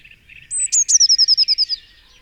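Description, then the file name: Eurasian blue tit song: a thin high whistle, then two sharp notes and a rapid, slightly descending trill, over faint background birdsong. "Cyanistes caeruleus"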